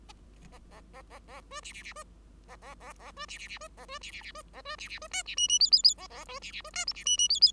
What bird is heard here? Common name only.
Bengalese Finch